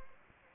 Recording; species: mosquito wingbeat signal from an infrared sensor; Anopheles gambiae